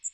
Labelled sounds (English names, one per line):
Magnolia Warbler flight call